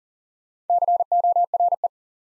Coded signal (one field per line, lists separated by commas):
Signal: Morse code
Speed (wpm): 39 wpm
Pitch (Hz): 700 Hz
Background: none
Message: CORE